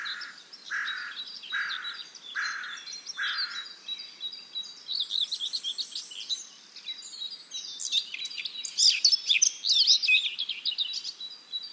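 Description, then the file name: Eurasian blackcap warbling song, scratchy at first, then rising to loud, bright fluting notes. "Sylvia atricapilla"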